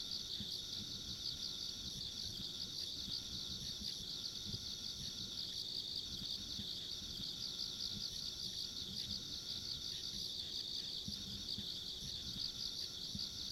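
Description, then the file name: Insects trilling together in an unbroken shrill wall of sound, subtly pulsing, joined by a fainter high whine; low background rumble persists. Ambient insect sounds recorded along a country road. "田舎道の虫の環境音"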